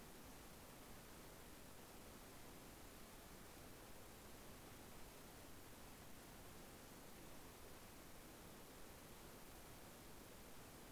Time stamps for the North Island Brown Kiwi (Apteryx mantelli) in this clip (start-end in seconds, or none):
none